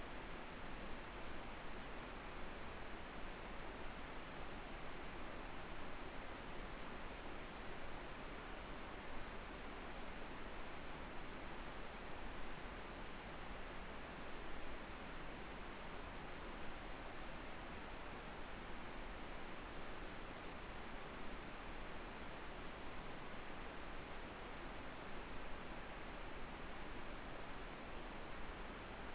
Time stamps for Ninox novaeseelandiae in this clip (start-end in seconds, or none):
none